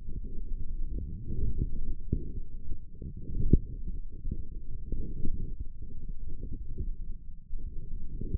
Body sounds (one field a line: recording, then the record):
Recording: forearm muscle sounds (acoustic myography)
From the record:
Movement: wrist flexion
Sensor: system 1, eight BSWA MPA416 microphones around the upper forearm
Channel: 5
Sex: female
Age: 20 years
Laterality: right